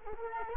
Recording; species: mosquito wingbeat signal from an infrared sensor; Culex quinquefasciatus